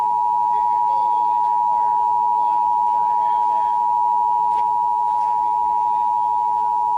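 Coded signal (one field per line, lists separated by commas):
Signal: Emergency Alert System (SAME) tones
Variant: 853 and 960 Hz attention tone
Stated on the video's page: Severe Thunderstorm Warning broadcast on television; the end-of-message bursts did not transmit.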